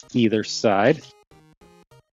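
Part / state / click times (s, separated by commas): plastic connector piece clipping onto the pontoons of a transforming toy ship / not seated / none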